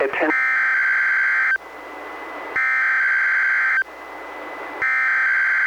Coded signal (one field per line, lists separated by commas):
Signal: Emergency Alert System (SAME) tones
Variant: header bursts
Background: speech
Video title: EAS #426-428: 1 NWR and 2 EAS Required Monthly Tests- Oct. 15, 2020- 10:15AM PDT